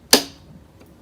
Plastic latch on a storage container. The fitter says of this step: Click that back there